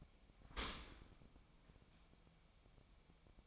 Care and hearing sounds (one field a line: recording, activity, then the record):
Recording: daily activity, microphone in the room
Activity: open dishwasher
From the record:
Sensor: 1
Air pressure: 1003.1 hPa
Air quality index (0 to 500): 196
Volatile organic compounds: 6 ppm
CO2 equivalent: 1870 ppm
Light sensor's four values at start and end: 16/40/17/20 and 16/40/16/20